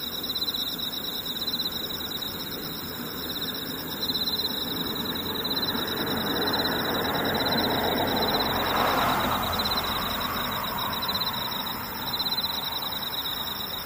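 Insects trill steadily throughout in several high, shrill layers, each pulsing rapidly and evenly. Beneath them runs a low, constant rumble, and a vehicle-like noise swells in the middle range, peaking around eight to nine seconds before fading again.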